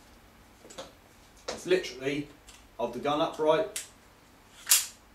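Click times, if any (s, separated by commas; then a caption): 4.7 s. A loaded plastic and metal gas magazine is pushed up into the grip of an HFC HG-125 airsoft gas pistol with an extended barrel while someone talks. It seats with one sharp click at 4.7 s.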